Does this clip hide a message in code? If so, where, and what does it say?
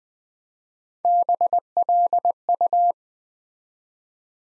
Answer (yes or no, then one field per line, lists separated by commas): yes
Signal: Morse code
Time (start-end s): 1.1-2.9 s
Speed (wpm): 20 wpm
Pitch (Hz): 700 Hz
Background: none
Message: BLU